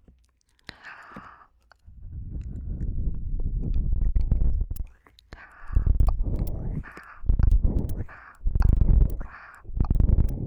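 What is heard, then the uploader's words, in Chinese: Ear cupping: a long muffled rumbling press, then shorter bursts about every second with hollow, squeaky suction tones and faint clicks. 助眠‖耳朵拔罐儿。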